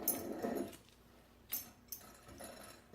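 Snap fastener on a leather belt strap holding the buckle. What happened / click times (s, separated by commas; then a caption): Handled, not yet seated: the belt snap is worked but not heard closing / none. A new buckle is fitted onto a leather belt after the old one is removed, with the snap fastener on the belt strap that holds the buckle being handled before it is pressed closed. Soft rustling handling noise is broken by short, sharp taps near 0.1, 1.5 and 1.9 seconds. Nothing has seated or clicked yet.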